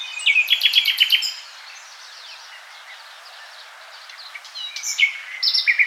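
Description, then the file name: Common nightingale opens with a fast rattling run of repeated notes, pauses, then resumes with whistled phrases. "Luscinia megarhynchos"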